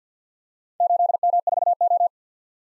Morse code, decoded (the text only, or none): 8M4O